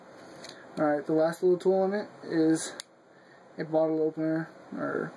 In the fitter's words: slides it locks into place for a flat head